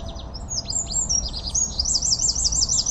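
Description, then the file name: Eurasian wren song: high sharp notes giving way to a fast, rolling trill, with low background rumble. "Troglodytes troglodytes"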